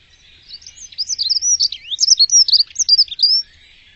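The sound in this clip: Bird twittering, a rapid tumbling run of high, sweeping chirps and slurred notes for about three seconds.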